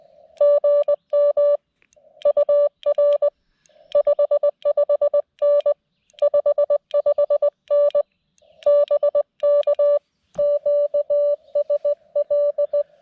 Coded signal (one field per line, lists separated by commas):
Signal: Morse code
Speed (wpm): 20 wpm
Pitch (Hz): 580 Hz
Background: music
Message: GM UR 55N 55N BK QSL